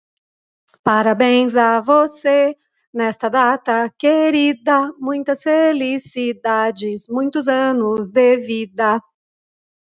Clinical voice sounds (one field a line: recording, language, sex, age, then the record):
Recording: short text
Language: Brazilian Portuguese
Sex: female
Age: 30 to 39 years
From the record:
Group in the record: control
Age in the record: 38 years